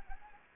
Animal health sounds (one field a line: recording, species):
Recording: mosquito wingbeat signal from an infrared sensor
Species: Anopheles gambiae